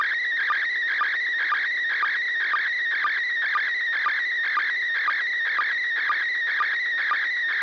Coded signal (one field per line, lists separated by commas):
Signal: SSTV (slow-scan television)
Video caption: First Image Transmission Begin Resulting Image Beginning of a Second Image